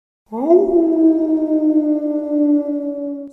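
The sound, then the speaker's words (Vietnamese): A lone wolf beneath a tree in the Shiwandashan mountain forest raises its head and howls to call its pack: one long, loud call that swoops up at the start, then holds a steady, mid-pitched tone with rich overtones for about three seconds, with no voices. “Con sói xanh dưới tảng cây sau khi nhìn chằm chằm một chốc, bỗng nhiên ngẩng đầu, miệng trù lên mấy tiếng.”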